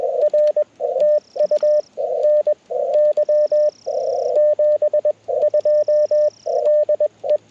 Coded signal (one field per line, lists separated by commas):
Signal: Morse code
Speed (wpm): 20 wpm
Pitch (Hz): 590 Hz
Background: radio noise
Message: R TU NY 72 DE